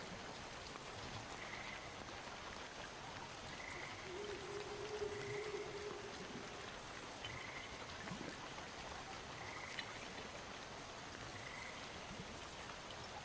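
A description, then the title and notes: Night sounds of woods and water: a dense, steady hiss like rain fills the clip from start to end. Short chirping calls repeat at high pitch every second or two, and a low drone swells briefly around four to six seconds. Night Sounds from the woods and water and other weird animals.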